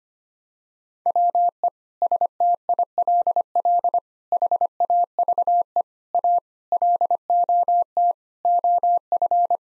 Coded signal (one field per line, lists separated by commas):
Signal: Morse code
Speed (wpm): 25 wpm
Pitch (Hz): 700 Hz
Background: none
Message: WE STILL HAVE A LOT OF